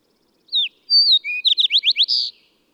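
Bird song: a descending whistle and a long high note, then a quick sequence of rising chirps and a closing buzz, in silence.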